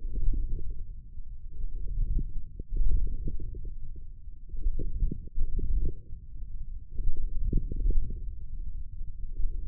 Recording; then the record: forearm muscle sounds (acoustic myography)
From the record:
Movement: forearm pronation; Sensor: system 1, eight BSWA MPA416 microphones around the upper forearm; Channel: 5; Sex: male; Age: 28 years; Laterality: right